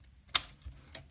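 A PCIe power cable connector with loose pins is plugged one-handed into the power socket of a Radeon RX Vega Liquid Edition graphics card, with the cooling tubes moved aside. It snaps in with a loud, sharp click at 0.35 s, and the connector is seated. A fainter tick follows at 0.95 s.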